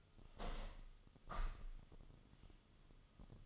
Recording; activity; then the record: daily activity, microphone in the room; open window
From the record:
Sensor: 4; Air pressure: 1005.5 hPa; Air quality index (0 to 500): 99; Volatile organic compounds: 2 ppm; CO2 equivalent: 1228 ppm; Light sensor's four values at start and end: 13/29/11/11 and 13/29/11/11